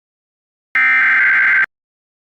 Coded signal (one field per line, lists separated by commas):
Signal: Emergency Alert System (SAME) tones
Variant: header bursts